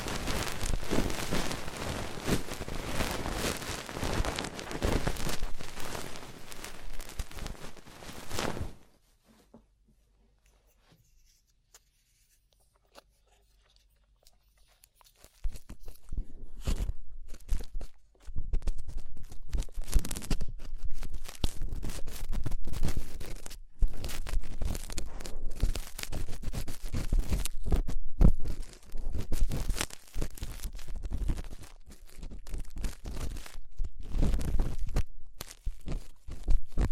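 Ear cleaning sounds, made of dense scratchy, crunching rustles that run steadily for the first nine seconds. Near silence follows until about fifteen seconds, then the scraping returns in choppier, uneven bursts of crackle and rubbing, with loud peaks scattered through to the end.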